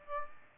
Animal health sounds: mosquito wingbeat signal from an infrared sensor; Aedes aegypti

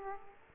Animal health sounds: mosquito wingbeat signal from an infrared sensor; Aedes aegypti

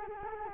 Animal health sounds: mosquito wingbeat signal from an infrared sensor; Culex quinquefasciatus

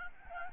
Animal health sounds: mosquito wingbeat signal from an infrared sensor; Aedes albopictus

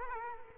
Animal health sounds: mosquito wingbeat signal from an infrared sensor; Culex quinquefasciatus

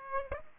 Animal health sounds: mosquito wingbeat signal from an infrared sensor; Aedes aegypti

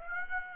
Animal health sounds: mosquito wingbeat signal from an infrared sensor; Aedes aegypti

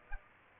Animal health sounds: mosquito wingbeat signal from an infrared sensor; Aedes aegypti

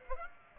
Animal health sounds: mosquito wingbeat signal from an infrared sensor; Aedes aegypti

